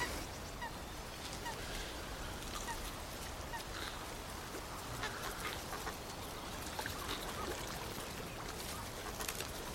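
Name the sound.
geese honking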